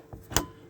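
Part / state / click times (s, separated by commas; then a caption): rooflight or window catch closing into its frame / seated / 0.4 s. A rooflight or window catch on a 2018 Laika Kreos 4012 motorhome is pulled back to close into its frame. A faint tap at 0.1 s is followed by a sharp click at 0.4 s as the catch clicks shut and seats closed.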